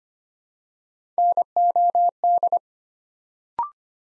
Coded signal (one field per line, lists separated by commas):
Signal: Morse code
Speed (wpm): 25 wpm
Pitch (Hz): 700 Hz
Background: none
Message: NOD